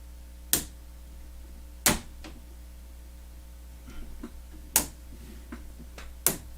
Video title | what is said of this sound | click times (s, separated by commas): Building Lego 75252 Imperial Star Destroyer Part 4 | Okay, so we got it all snapped into place. | 0.5 s, 1.9 s, 4.8 s, 6.3 s